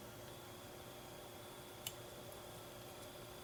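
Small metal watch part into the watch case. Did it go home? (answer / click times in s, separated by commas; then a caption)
no / none. A small metal watch part is being pressed into a watch case by hand during a battery change. Over a steady hiss, a single brief sharp tick sounds at about 1.9 s, but nothing has seated or clicked into place yet.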